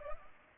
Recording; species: mosquito wingbeat signal from an infrared sensor; Anopheles arabiensis